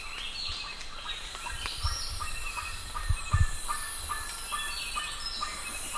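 Bird calls, several short chirps and whistles mixed over a steady background hiss, with a few low thumps underneath.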